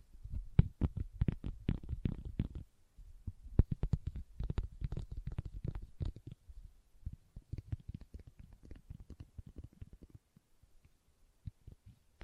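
Leather being tapped and scratched, a dense run of short dull knocks and scuffs through the first half with a brief pause near 3 seconds. After about 6 seconds the taps grow softer and sparser, with gaps, thinning out toward the end.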